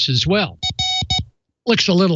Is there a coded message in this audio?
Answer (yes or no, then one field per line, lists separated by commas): no